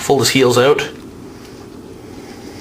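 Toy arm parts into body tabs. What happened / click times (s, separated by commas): Handled, no seating click yet / none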